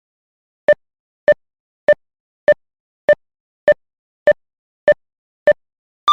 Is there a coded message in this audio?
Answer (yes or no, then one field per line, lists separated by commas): no